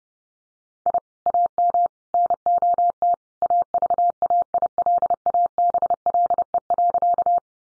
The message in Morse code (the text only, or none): I AM NOT AVAILABLE.